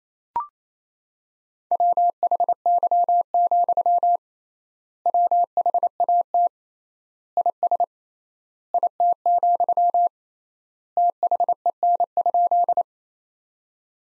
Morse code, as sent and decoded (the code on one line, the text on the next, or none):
.-- .... -.-- --..-- / .-- .... .- - / .. ... / .. - --..-- / - .... . -. ..--..
WHY, WHAT IS IT, THEN?